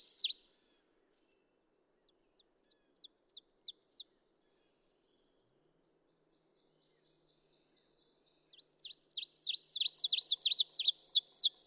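Ovenbird: a brief loud note, a soft run of repeated phrases, silence, then a full crescendo song of rapid, high, strident paired notes.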